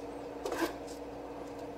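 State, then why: Not seated. A large metal honeycomb grid is handled against a broncolor P65 metal studio reflector, with a brief scraping rub around 0.5–0.7 s over a steady low hum. Nothing has seated or snapped into place yet.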